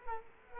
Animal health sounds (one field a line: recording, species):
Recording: mosquito wingbeat signal from an infrared sensor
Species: Culex quinquefasciatus